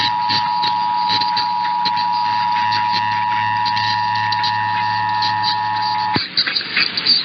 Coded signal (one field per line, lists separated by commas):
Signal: Emergency Alert System (SAME) tones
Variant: 853 and 960 Hz attention tone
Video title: EAS #165-182 - More Monthly Tests (2/14-15/24)